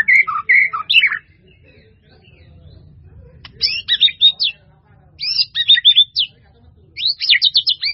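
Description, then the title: White-rumped Shama song: rich whistled phrases and sharp slurred notes in bursts separated by short pauses, varied and loud, with a faint low hum underneath. "murai batu"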